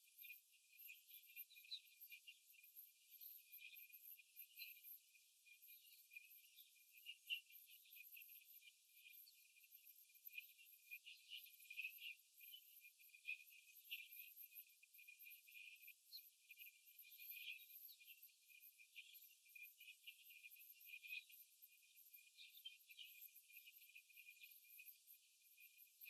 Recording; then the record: young laying hens in a cage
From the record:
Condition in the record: after the stressor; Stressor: simulated dog barking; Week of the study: 3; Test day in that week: 2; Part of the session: 2